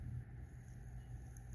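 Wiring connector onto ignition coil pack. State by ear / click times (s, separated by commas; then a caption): not seated / none. A wiring connector is handled at the last ignition coil pack of a car engine, with a steady low rumble throughout and a faint, brief sound near the end. Nothing has seated or clicked yet; the connector is not yet home.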